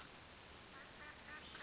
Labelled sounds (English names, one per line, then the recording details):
Western Flycatcher
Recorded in Sonoma County, California